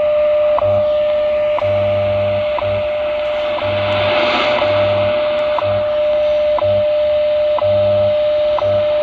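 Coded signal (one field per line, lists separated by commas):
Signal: radio time signal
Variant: WWV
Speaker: so this is a wwv time signal on 15 megahertz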